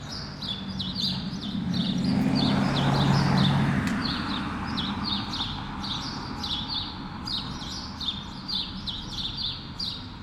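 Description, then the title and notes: Sparrows chirping almost nonstop, rapid clipped notes around four a second, as a car rises and fades early on over background traffic. Several sparrows on Rue Keyenveld, Ixelles, Brussels-Capital, Belgium, a street with cars and people passing by; recorded with Lom Usi Pro microphones into a Zoom F6. "Rue Keyenveld, Ixelles, Bruxelles-Capitale, Belgique - Sparrows - moineaux. cars, people passing by"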